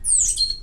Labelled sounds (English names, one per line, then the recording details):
Stitchbird song
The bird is a male
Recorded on Tiritiri Matangi Island, New Zealand, in 2005
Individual 22, of nest box 31